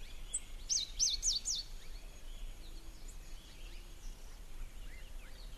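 White-winged brush finch call: a rapid run of high looping, up-and-down notes near the start, then quieter faint chirps fading into a hissing background.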